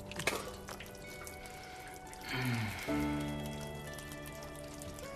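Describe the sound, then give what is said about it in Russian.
Water runs steadily from an open tap at a kitchen sink, a continuous hissing splash that swells briefly midway and then settles into a softer, even flow, with no voices. “Открывает кран. Набирает в ладонь воду, полощет рот, выплевывает воду.”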